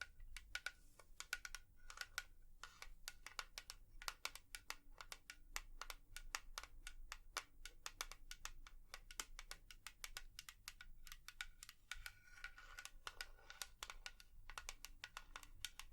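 Tapping goes on throughout, a dense run of sharp, bright clicks, often several per second at an uneven, busy pace, much like typing on a keyboard. Brief pauses break the flow now and then. A faint low hum sits underneath the whole time.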